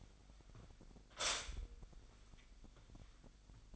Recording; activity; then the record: daily activity, microphone in the room; stop toaster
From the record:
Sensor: 5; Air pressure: 1002.0 hPa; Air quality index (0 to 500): 203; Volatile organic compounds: 18 ppm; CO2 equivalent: 2625 ppm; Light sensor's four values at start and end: 34/109/42/44 and 34/109/42/44